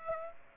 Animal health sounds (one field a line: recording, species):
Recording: mosquito wingbeat signal from an infrared sensor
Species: Aedes aegypti